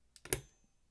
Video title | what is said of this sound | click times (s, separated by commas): How to install Intel heatsink | and you hear it click and then you want to make sure you do the alternate Corner down here | 0.3 s